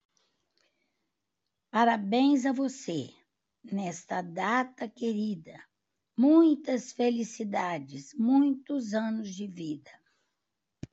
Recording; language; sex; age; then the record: short text; Brazilian Portuguese; female; 70 to 79 years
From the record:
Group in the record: control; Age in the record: 74 years